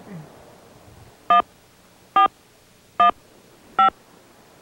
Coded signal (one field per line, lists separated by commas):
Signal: DTMF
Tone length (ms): 120 ms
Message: 1415